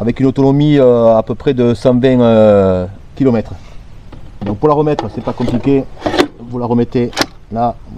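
A removable 940 Wh, 48 V battery pack for a Mokwheel electric fat bike is handled as it is put back toward the frame's down tube while someone talks. Faint handling noise sits under the speech. Nothing has seated or clicked yet.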